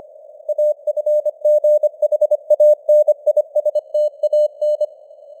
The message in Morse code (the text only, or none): AFGHANISTAN